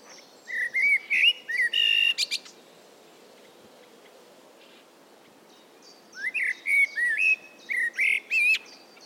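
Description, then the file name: Common blackbird song: mellow fluted notes followed by thin, high scratchy twitters, in two phrases separated by a few seconds of quiet. "Turdus merula"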